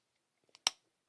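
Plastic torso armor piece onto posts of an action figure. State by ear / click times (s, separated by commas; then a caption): seated / 0.7 s. A plastic Mega Bloks Iron Man torso armor piece, from the Iron Man 2 Tri-armor suitcase set, is placed over two small posts on an action figure and pressed down. A few faint taps and scrapes lead up to a single sharp, loud click at 0.7 s with a short decay. The armor piece snaps into place, seated on the posts.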